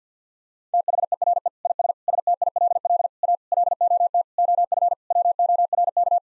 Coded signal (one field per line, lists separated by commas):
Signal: Morse code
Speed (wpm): 50 wpm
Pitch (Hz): 700 Hz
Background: none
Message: THERE IS STILL A LOT OF WORK